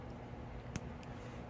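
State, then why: Seated. A lead .177 pellet sitting flush in the rotary magazine of a Sig Sauer MPX semi-auto air rifle, a full-metal M4 replica, is pressed further into its chamber. Over a quiet, steady background, a single short, sharp snap is heard at 0.8 s, followed by a faint tick. The pellet has snapped into the chamber and is seated, no longer able to come out either side.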